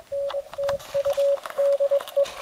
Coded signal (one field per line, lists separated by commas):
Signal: Morse code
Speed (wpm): 22 wpm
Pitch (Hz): 560 Hz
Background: radio noise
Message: NTUDE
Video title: Flight of the Bumble Bees QRP Adventure from Bike Mobile with IC703